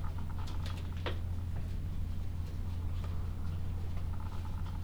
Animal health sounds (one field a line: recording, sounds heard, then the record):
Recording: poultry house recording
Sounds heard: sick chickens (respiratory disease)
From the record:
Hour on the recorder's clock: 12